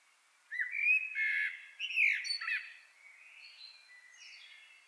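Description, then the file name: Common blackbird with two loud squawky, chattering phrases, followed by softer thin notes. "Turdus merula"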